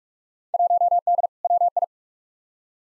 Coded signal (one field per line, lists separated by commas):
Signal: Morse code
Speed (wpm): 46 wpm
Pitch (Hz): 700 Hz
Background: none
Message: 1D WI